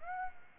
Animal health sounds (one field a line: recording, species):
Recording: mosquito wingbeat signal from an infrared sensor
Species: Aedes aegypti